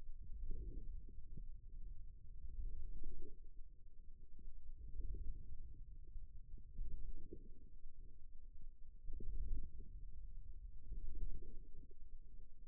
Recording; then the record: forearm muscle sounds (acoustic myography)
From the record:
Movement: wrist extension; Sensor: system 2, bracelet of six BSWA MPA416 microphones around the upper forearm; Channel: 4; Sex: male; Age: 22 years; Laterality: right